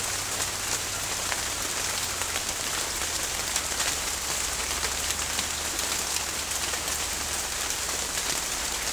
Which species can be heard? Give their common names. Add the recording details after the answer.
none. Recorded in pastures near Puerto Asís, Putumayo, Colombia, on 21 December 2024 at 11:00. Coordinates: 0.496, -76.326. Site G004